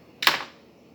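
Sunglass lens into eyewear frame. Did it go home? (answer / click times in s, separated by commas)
yes / 0.2 s, 0.3 s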